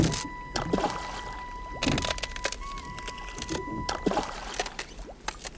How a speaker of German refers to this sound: Wir gingen hinunter zum See und schoben das Boot ins Wasser.